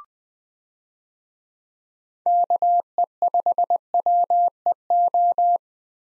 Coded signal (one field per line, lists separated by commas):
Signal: Morse code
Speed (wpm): 21 wpm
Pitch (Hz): 700 Hz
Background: none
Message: KE5WEO